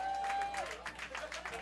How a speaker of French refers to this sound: mesdames, messieurs, s'il vous plaît, on l'applaudit.